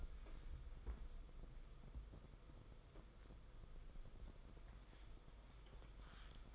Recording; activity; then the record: daily activity, microphone in the room; wipe stove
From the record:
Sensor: 5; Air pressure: 990.7 hPa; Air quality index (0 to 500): 157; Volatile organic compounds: 222 ppm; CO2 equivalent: 4282 ppm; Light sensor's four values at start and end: 43/124/49/53 and 44/126/50/53